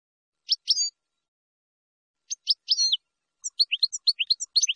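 Finch song: two short chirp-and-whistle phrases separated by silence, then a faster run of high, clipped notes that keeps going to the end.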